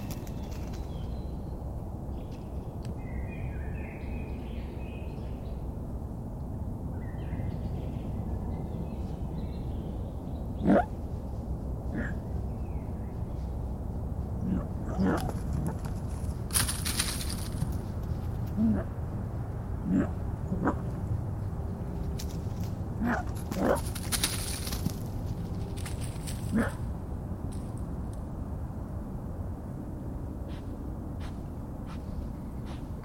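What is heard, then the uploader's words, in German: Morning in a forest in spring: a steady low rumble underlies scattered short calls and chirps, with brief rustling bursts between about 15 and 27 seconds. Faint bird twitters appear early on, and a few sharp clicks or knocks stand out midway. Frühlingserwachen mit Vogel, Fuchs & Co. Morgenrituale im Wald: Es brummt und summt, es raschelt und tiriliert. Mit besonderen Mikrofonen haben wir Nachtklänge, Morgenstimmung und Frühlingserwachen in einem Wald hinter Regensburg eingefangen.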